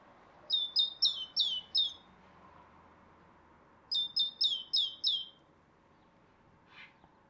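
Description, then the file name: Great tit song, two quick runs of five sharp high notes over a low hum, a faint other call near the end. "Parus major"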